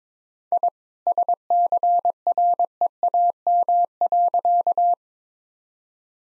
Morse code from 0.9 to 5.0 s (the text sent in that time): SCREAM.